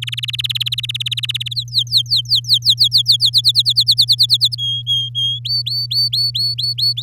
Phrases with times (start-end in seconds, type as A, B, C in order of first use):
0.02-1.54 A, 1.55-3.30 B, 3.33-4.55 C, 4.58-5.39 D, 5.45-7.02 E